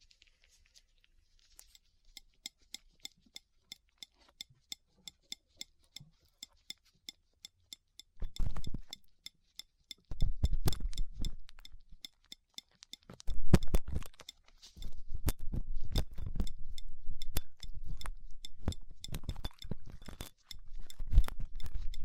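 Ear cleaning with latex gloves, a dental pick and cotton swabs. The first eight seconds hold sparse, sharp little ticks and scrapes, then from about eight seconds dense, crackly rubbing and rustling comes in bursts, growing fuller and more continuous after thirteen seconds.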